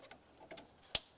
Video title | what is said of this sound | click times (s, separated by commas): How to Replace Dual Radiator & Condenser Fan Assembly 2009-2019 Ford Flex | there's our click now we can start re-securing this making our way around the fan assembly | 1.0 s